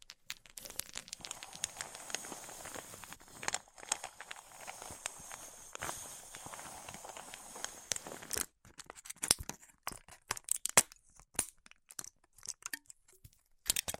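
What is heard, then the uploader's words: A band-aid is ripped off. A dense, steady crackling tear runs for about eight seconds, hissy and bright at the top. After a brief silence, scattered sharp snaps and small crinkles follow irregularly until the end. ASMR Ripping Off the Band Aid (No Talking).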